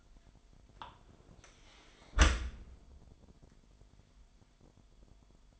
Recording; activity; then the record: daily activity, microphone in the room; close dishwasher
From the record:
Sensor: 5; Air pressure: 998.3 hPa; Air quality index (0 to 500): 86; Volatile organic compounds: 2 ppm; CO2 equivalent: 983 ppm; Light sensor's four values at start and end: 19/46/19/21 and 19/45/19/21